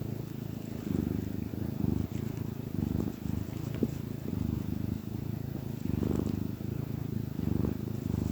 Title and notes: Cat Cafe and Art. Happy cat purrs